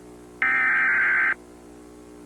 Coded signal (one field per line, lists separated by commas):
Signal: Emergency Alert System (SAME) tones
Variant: header bursts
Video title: Emergency Alert System Evolution 1987-2025